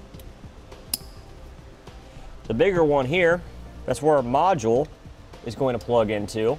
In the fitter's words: one way so just line it up and then push it in until it clicks